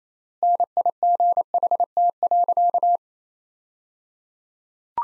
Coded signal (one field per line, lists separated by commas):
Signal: Morse code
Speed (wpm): 28 wpm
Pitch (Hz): 700 Hz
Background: none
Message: NIGHT.